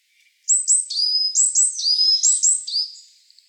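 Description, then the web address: Varied tit calling in a fast sequence of high, sharp notes, each pair followed by a lower drawn-out tone, about two and a half seconds of continuous calling. Recorded on 19 March 2017. "birdenaga yamagara 170319"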